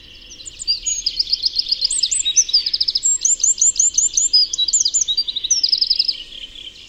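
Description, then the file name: Eurasian wren singing a loud, high, rapid run of trills and sharp twittering notes, running almost unbroken for about six seconds. "Troglodytes troglodytes"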